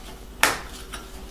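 The top edge of a metal I/O shield, not yet fully in, is pressed into the rear opening of a PC case. A loud, sharp metallic click comes at 0.4 s, followed by a fainter tick near 1.0 s. The shield's top edge is seated.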